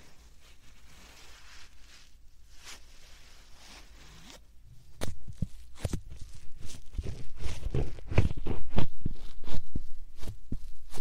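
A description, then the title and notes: Quiet, faint rustling for about five seconds, then a rapid, loud run of short puffs with heavy low thumps continues to the end. 말없이 3가지의 퍼프로 귀를 토닥토닥 해드려요 puff sound.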